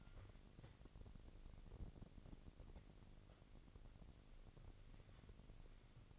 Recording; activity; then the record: daily activity, microphone in the room; wipe stove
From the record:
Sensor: 4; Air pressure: 1002.4 hPa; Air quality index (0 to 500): 214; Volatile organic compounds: 11 ppm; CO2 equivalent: 2316 ppm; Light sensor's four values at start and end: 18/66/24/24 and 18/66/24/24